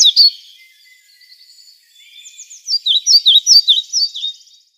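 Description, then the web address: European pied flycatcher song, a quick high burst of notes, then soft faint twittering before a clear run of repeated descending notes. "Schulze Peter European Pied Flycatcher song"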